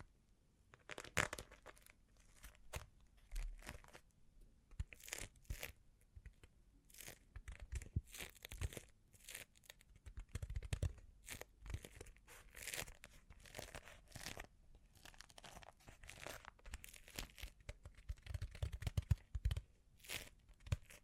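Bling bling triggers: a busy, irregular run of crinkling, tearing and crunching sounds, with sharp bursts arriving every fraction of a second to every second or so. The bursts are bright and crisp, with occasional low thumps, and carry on without pause for the whole clip.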